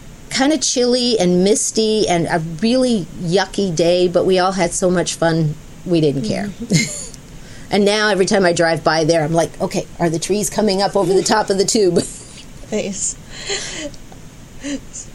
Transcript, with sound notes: kind of chilly and misty and a really yucky day, but we all had so much fun, we didn't care. [laughs] And now every time I drive by there, I am like, “Okay, are the trees coming up over the top of the tubes?”
Nice.